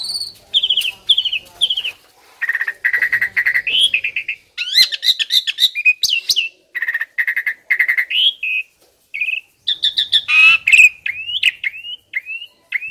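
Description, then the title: Asian pied starling song: a rapid, varied run of whistled, rising and falling notes with buzzy and chattering phrases and short pauses, continuing throughout. Tutor recording meant to train birds that sing too little or are listless. "Masteran Jalak Suren Atasi Burung KURANG GACOR Dan LOYO"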